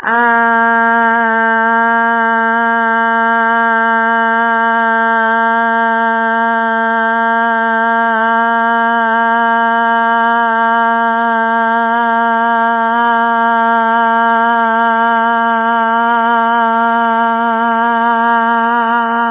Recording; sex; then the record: sustained vowel /a/; female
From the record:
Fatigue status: no fatigue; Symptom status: asymptomatic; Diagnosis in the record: COVID-19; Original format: 3gp